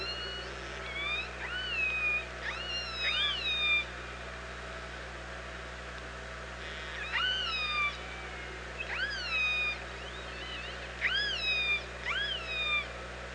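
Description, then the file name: Orca calls in bouts: groups of arching and upswept harmonic calls, some overlapping, separated by quiet gaps of one to three seconds, with low constant hum. Recorded at OrcaLab on 24 August 2017, around 07:46. "Orca Lab UTLN JASON 20170824 074610"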